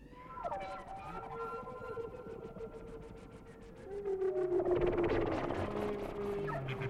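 Whale song: sustained harmonic moans that slowly glide downward, joined later by a noisy burst and lower tones, over a soft background hiss.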